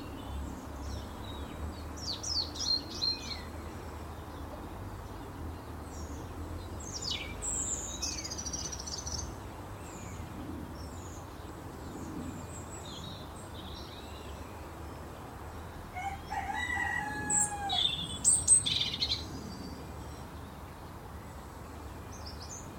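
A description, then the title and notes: A robin sings at dawn in a country garden, thin high warbling phrases coming in short bursts with pauses between. A steady low hum sits underneath, and around sixteen to nineteen seconds a louder burst of calls, with a lower clucking note from nearby chickens. Relax to the exquisite song of a robin singing in a country garden at dawn on Christmas Eve – with a chorus of next door's chickens for company. Song of a robin at dawn.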